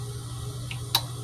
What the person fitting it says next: just like that, till we hear the click.